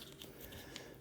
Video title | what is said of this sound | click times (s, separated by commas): Unboxing & Assembling, Crosman’s 0853 Collapsible Pellet Target Trap, Black. | inserted like that it actually snaps into place there | 0.2 s, 0.8 s